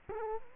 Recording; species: mosquito wingbeat signal from an infrared sensor; Culex quinquefasciatus